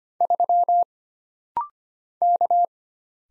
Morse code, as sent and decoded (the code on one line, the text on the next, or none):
...-- / -.-
3 K